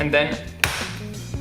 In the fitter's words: you can hear it click which is pretty cool i think it's one of my nicer uh